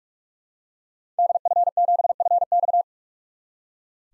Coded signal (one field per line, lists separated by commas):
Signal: Morse code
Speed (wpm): 42 wpm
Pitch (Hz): 700 Hz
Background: none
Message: DF7FX